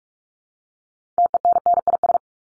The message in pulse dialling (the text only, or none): none